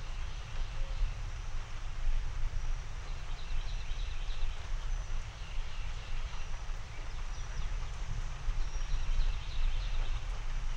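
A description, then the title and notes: A thunderstorm rumbles on in the East Texas countryside, a deep, steady low roll that never fully breaks into a sharp crack. Above it hangs a constant hiss of rain or wind, with faint chirps of birds or insects scattered through the background. Slow rolling thunderstorm in the East Texas region.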